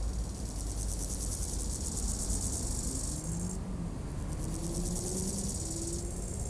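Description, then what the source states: Grasshoppers buzz in high pulsed runs of a few seconds, while engines hum with low sliding tones underneath. Beside the D633 road at Aveize, France, with passing cars; Sony PCM-M10 recorder, AB microphone position.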